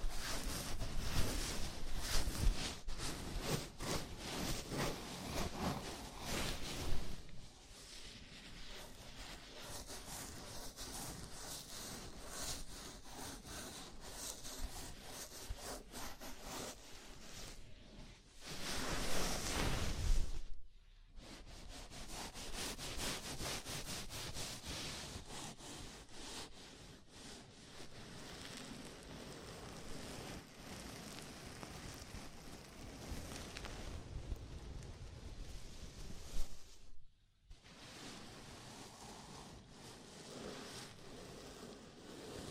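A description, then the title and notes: A scalp massage, heard as a dense, continuous rustling and scratching of fingers through hair. The rubbing is loudest in the first seven seconds, surges again around eighteen to twenty seconds, and breaks off briefly near twenty-one and thirty-seven seconds. ASMR Sleepy Scalp Massage (No Talking).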